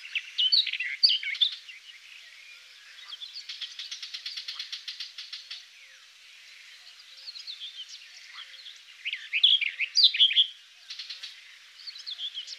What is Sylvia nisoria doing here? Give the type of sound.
song